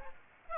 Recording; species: mosquito wingbeat signal from an infrared sensor; Aedes aegypti